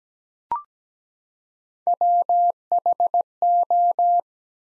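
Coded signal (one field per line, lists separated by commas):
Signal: Morse code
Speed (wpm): 17 wpm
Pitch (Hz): 700 Hz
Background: none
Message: WHO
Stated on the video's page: Morse practice: sentences from the top 500 words at 17 wpm with 4x word spacing, similar to Farnsworth spacing.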